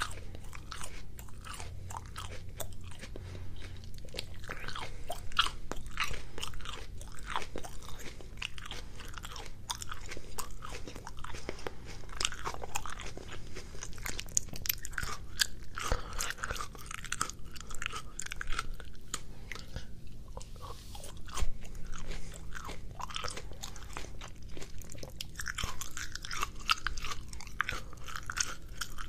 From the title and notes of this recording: ASMR Eating Mandarins. It’s beginning to look like spring where I live.